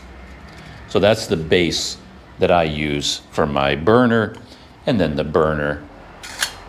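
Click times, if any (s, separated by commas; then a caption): 6.4 s. Someone talks about a stove base, then a metal alcohol burner is pressed into the stove base. It seats with a short metallic pop at 6.4 s.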